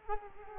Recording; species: mosquito wingbeat signal from an infrared sensor; Culex quinquefasciatus